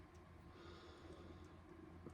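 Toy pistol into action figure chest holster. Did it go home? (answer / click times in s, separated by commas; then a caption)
no / none. A small plastic toy pistol is handled and lined up with the holster on the chest of a Hasbro G.I. Joe Classified Clutch action figure, before being pushed in. Only faint handling noise is heard over a steady low background hum. Nothing has seated or clicked yet.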